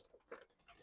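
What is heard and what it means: A dinette table leg in an Airstream Caravel trailer is disengaged by hand and moved toward its locked folded position. Soft, muffled handling knocks and rustles are heard, with a brief sharp bump at about 0.3 s. Nothing has locked into place yet when the clip ends.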